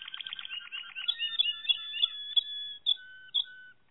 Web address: ~joaopt canarios racas canto malinois